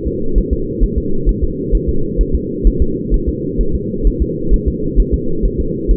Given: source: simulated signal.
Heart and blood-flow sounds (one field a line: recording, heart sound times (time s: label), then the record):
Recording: fetal heart sounds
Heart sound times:
0.07 s: S2
0.38 s: S1
0.53 s: S2
0.84 s: S1
0.98 s: S2
1.29 s: S1
1.44 s: S2
1.75 s: S1
1.89 s: S2
2.21 s: S1
2.35 s: S2
2.67 s: S1
2.82 s: S2
3.14 s: S1
3.28 s: S2
3.61 s: S1
3.75 s: S2
4.07 s: S1
4.22 s: S2
4.54 s: S1
4.68 s: S2
5.00 s: S1
5.14 s: S2
5.45 s: S1
5.60 s: S2
5.91 s: S1
From the record:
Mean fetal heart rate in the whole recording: 130 bpm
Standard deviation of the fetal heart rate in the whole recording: 2 bpm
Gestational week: 36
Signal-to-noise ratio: -8.1 dB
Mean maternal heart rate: 72 bpm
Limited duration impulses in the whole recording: absent